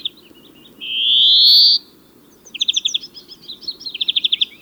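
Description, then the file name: European greenfinch drawing out a loud rising nasal wheeze, followed by a pause and then two rapid bright trills. "Chloris chloris"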